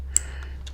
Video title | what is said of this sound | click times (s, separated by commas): Ciro Machete Saddlebag LED Lights Install Harley Touring | the same thing on the other side click | 0.2 s